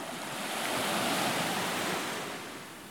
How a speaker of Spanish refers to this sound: Estas son las olas de la mar, olas que vienen y olas que van.